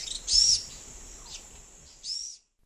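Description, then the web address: Orange-eyed flatbill calling: two short, high notes, with a fainter one between, over a steady high insect whine. Eastern lowlands of South America. "Natures Songs S America Eastern Lowlands Orange-eyed Flatbill"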